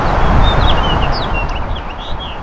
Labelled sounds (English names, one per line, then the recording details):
House Finch song
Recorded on Long Island, New York, on 2 June 2011
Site FL
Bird A